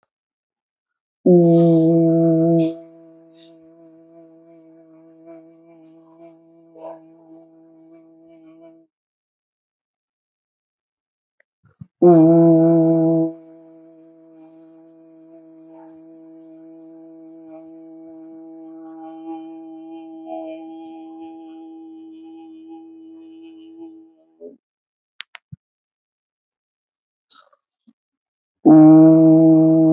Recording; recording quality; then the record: sustained vowel as in boot; excellent, no background noise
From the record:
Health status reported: healthy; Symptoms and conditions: none ticked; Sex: male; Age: 34 years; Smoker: yes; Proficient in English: yes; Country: India